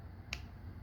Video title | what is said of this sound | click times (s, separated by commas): Edoggz Reviews: Transformers Kingdom WFC Deluxe Class Warpath | Take this shield, pop it onto the side. | 0.3 s